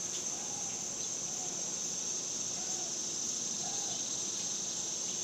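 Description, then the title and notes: Cicadas give a steady high-pitched whine, constant and unchanging, over faint low background noise with a few soft chirps. Recorded outdoors in summer in the suburbs. "Ext Summer Cicadas, Suburbs"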